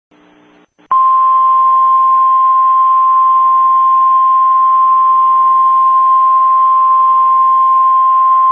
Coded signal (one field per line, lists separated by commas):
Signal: Emergency Alert System (SAME) tones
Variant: 1050 Hz attention tone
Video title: Zombie Attack EAS Zombie Virus